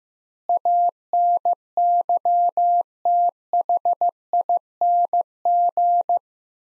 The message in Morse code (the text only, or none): ANYTHING